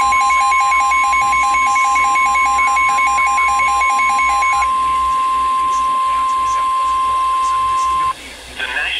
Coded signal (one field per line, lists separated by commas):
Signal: Emergency Alert System (SAME) tones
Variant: 1050 Hz attention tone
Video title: SVR (EAS#369)